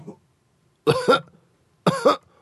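An adult radio host imitates a cough: two short, voiced, two-part coughs, sounding like "goho" or "oho", with quiet pauses between them.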